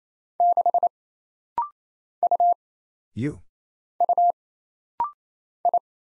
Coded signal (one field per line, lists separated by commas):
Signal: Morse code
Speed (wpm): 27 wpm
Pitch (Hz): 700 Hz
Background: none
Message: 6 U U I